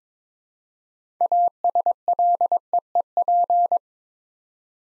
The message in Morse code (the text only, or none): ASLEEP